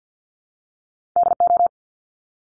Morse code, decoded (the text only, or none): DO